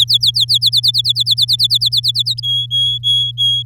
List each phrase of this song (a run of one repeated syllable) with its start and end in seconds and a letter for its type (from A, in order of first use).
0.00-2.40 A, 2.43-3.63 B